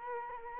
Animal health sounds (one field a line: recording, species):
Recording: mosquito wingbeat signal from an infrared sensor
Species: Culex quinquefasciatus